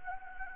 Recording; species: mosquito wingbeat signal from an infrared sensor; Anopheles gambiae